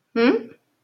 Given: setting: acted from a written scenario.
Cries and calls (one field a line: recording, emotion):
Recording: vocal sound without words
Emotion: confusion